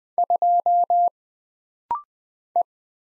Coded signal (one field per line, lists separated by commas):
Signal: Morse code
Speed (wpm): 20 wpm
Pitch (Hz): 700 Hz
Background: none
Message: 2 E